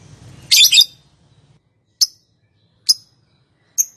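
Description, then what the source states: Lovebird uttering a short harsh burst followed by three clipped high chirps about a second apart, with a faint low hum early on. Calling style named konslet.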